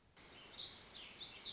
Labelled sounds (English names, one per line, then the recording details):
Warbling Vireo
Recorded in Sonoma County, California